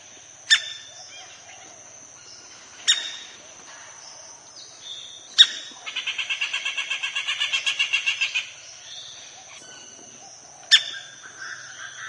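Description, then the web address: Stripe-breasted woodpecker calls: sharp single clicks at intervals, plus a rapid rattling series of even notes lasting about two and a half seconds, over a steady high background hum. "stripe chest woodpecker call"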